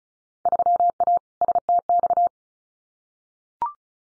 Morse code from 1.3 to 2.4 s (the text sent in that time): STX